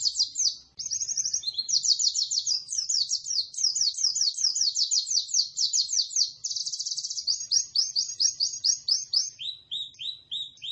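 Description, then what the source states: White-eye pouring out continuous high twittering and rapid trills for about ten seconds, ending with a few lower, spaced chirps. Lively, sustained singing described by the local term gacor.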